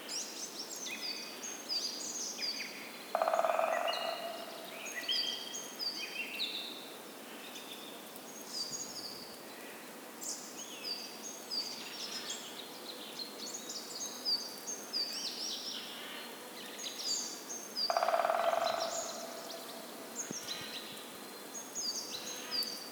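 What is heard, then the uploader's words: Woodpeckers and other birds in a forest, with a busy, steady chorus of high chirps and quick trills running throughout. Two louder, lower, rasping calls stand out, one near the start and another about fifteen seconds later, over a quiet outdoor background. Woodpeckers in the Forest.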